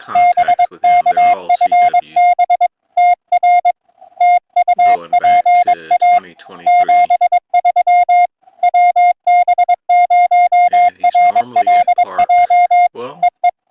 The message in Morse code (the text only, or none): BK FB TR TU PA 73 WB0RLJ EE